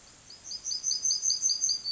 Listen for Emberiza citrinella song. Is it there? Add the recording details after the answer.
yes. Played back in grassland. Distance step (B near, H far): C. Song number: 054